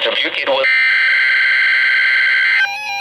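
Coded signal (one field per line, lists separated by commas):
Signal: Emergency Alert System (SAME) tones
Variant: header bursts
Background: speech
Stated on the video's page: NOAA Weather Radio Required Weekly Test from Milwaukee, WI.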